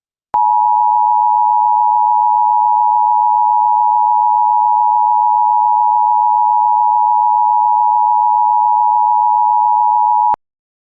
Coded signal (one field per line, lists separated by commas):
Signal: Emergency Alert System (SAME) tones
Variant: 853 and 960 Hz attention tone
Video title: EAS Scenario #5: Toppat Turmoil